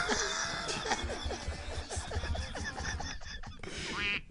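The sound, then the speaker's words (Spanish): A rapid string of nasal, honking duck quacks plays from a pressed sound-effect button, loud and busy, with cackling, laugh-like squawks layered throughout and a higher squeal near the end. “que sos el capo de la radio, te tenés que conseguir un paraguayito y te toque el botoncito ese cuac.”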